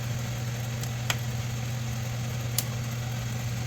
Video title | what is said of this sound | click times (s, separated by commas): Nissan Maxima how to replace ac evaporator core - everything you need to know | It goes back in there like that and snaps right in | 1.1 s, 2.6 s